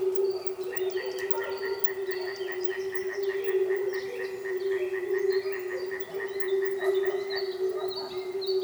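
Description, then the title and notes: Frogs croaking in a dense chorus, a low steady hum beneath fast repeated pulsed calls and scattered high chirps. Frogs recorded at a frog reservation in Manušice, Česká Lípa, Czechia. "Manušice 28, 471 11 Česká Lípa, Česko - Frogs. Frog reservation"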